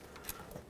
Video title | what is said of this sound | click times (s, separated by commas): How to Replace Front ABS Sensor 2007-14 Chevy Silverado | listen for a click | 0.3 s